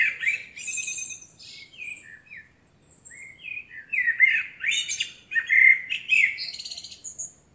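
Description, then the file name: Common blackbird singing almost continuously, with fluted warbles interwoven with high squeaks and thin twittering notes. "Turdus merula"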